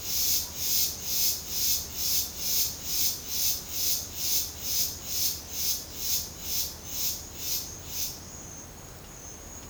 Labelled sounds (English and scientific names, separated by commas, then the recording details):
none
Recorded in pastures near Puerto Asís, Putumayo, Colombia, on 30 June 2025 at 11:30
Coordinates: 0.496, -76.326
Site GP01